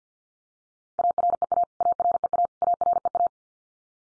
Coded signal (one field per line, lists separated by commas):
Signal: Morse code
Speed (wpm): 50 wpm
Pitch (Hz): 700 Hz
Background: none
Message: AREA AREA AREA